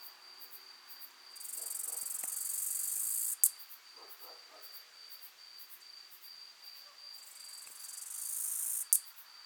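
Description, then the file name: Acrometopa servillea bush-cricket song: two loud hissing high buzzes, each about two seconds long and each ending in an abrupt click, separated by soft pulsing chirps and a steady thin tone. Subspecies italica, recorded at Alberobello, Puglia, Italy, on 9 July 2000 at 20 °C. "Acrometopa servillea italica 1 Alberobello Puglia IT 20000709 20 °C Odé"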